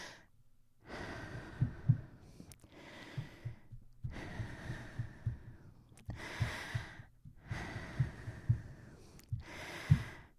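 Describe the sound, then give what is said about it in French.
Four long, deep breaths, each a broad airy rush lasting about a second and a half, separated by short pauses, with faint low thumps and clicks underneath and no talking. “Ça fait du bien respirer, hein.”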